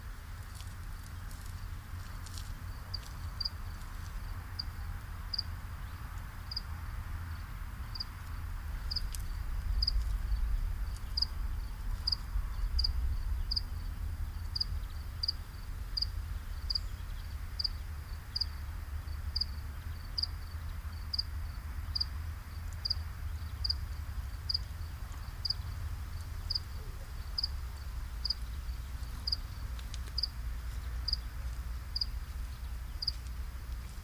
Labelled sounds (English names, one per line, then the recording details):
House Cricket stridulation
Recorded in the wild
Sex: male
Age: imago
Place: Botanische Anlage Blankenfelde, Berlin, DE
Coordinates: 52.603, 13.4
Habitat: am Treibhaus
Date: 1997-08-10 18:38
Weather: 25°C, heiter
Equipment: Sony MD-WM MZ-R3, Sennheiser MKH 416 T, Kopie Uher 4000 Report Monitor
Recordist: Tembrock, Günter
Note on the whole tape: Zwei Exemplare: Stridulation, das zweite Tier sehr gut (am Gemäuer des Treibhauses- Warmhaus)